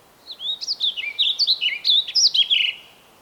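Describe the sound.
A single brisk bird song phrase of about two and a half seconds: a tumbling run of high, clear, slurred notes that mostly fall in pitch.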